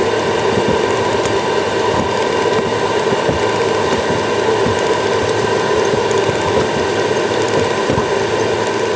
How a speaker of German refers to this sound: Jetzt kommt die alte Trommel raus, die ist befestigt an einem Metallteil. Man hört jetzt ein Ticken, das ist ein Uhrwerk. Dieses Uhrwerk muss auch immer aufgezogen werden, damit die Falle weiterläuft.